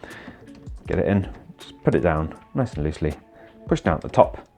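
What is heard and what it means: An ink cartridge is set loosely into the cartridge holder of an Epson WorkForce WF-3640 inkjet printer and is about to be pushed down at the top, while someone talks throughout. The cartridge has not seated or clicked into place yet.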